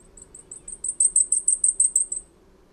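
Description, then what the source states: Blackpoll Warbler song: a very high, thin series of many rapid, evenly spaced notes, growing louder toward the middle, over a quiet background. High-pitched song, recording courtesy of the Cornell Lab of Ornithology's Macaulay Library.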